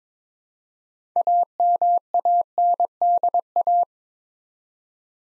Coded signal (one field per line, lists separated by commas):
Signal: Morse code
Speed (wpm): 21 wpm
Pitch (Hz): 700 Hz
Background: none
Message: AMANDA